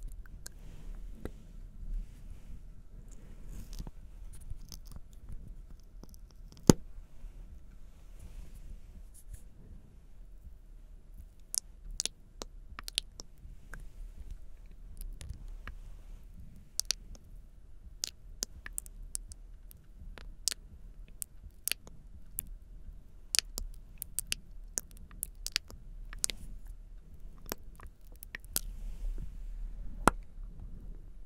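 Wet mouth sounds with occasional hand noises and something sticky like honey: scattered sharp clicks and smacks over a low, soft rumble. The clicks come irregularly, sparse in the first ten seconds, then thicker and quicker from about twelve seconds onward, with a loud snap near seven seconds.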